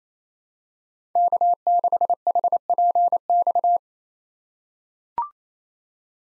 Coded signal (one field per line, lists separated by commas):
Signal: Morse code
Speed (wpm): 27 wpm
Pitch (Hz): 700 Hz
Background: none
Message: K6HPX